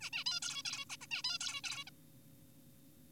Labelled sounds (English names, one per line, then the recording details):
Zebra Finch
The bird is an adult
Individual g4p5U